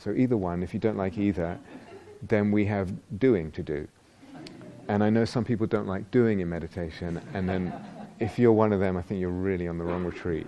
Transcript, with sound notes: So either one -- if you don't like either, then we have 'doing' to do. [laughter] And I know some people don't like 'doing' in meditation. [laughter] And then, if you're one of them, I think you're really on the wrong retreat,